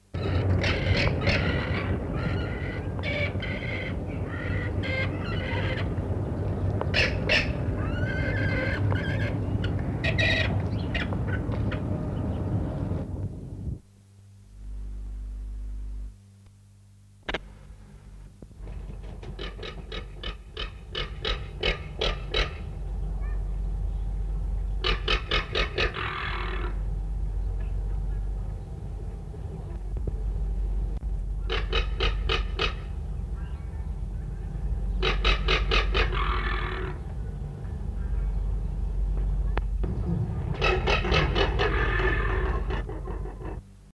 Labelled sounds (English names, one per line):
Striated Caracara call